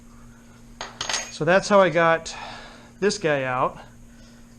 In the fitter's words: and then if you want to put it back in you just and it locks it in place